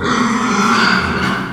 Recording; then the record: squeal of a Yucatan mini pig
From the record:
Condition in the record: after surgery on the right vocal fold (resection and tissue-engineered implant); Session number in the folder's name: 15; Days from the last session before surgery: 175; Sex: female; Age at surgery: 19 weeks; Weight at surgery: 25 kg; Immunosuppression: prednisolone